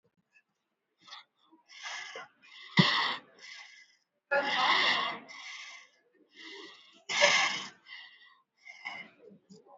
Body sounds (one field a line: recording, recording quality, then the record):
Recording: deep breathing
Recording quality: excellent, no background noise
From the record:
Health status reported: COVID-19 positive, moderate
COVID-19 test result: positive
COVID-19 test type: RT-PCR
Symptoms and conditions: cough, fever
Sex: female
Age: 45 years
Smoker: no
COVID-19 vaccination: one dose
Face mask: worn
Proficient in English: yes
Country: India